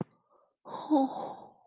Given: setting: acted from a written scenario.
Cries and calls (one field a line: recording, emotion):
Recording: vocal sound without words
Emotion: adoration